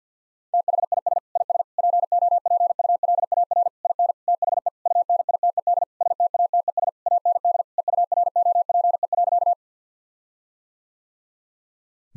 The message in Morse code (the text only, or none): THIS IS POPULAR IN THE UNITED STATES AND EUROPE.